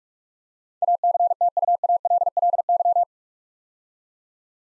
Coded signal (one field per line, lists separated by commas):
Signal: Morse code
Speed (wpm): 44 wpm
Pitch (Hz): 700 Hz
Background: none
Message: ACTUALLY